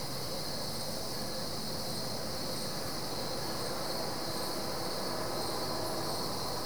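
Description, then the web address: Crickets calling as a steady high-pitched trill against a constant low background rumble. Crickets, several, recorded at night at Goldens Bridge, New York State, USA. "BBC Sound Effects Library - (America) Goldens Bridge, NY State - crickets at night"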